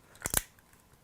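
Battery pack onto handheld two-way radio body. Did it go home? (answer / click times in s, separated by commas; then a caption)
yes / 0.3 s, 0.4 s. A battery pack is pressed again onto the body of a Greaval GV-8S handheld two-way radio after a first weak click. Two sharp plastic clicks sound at 0.3 s and 0.4 s, followed by a few faint small clicks. The battery pack is seated, pushed fully on.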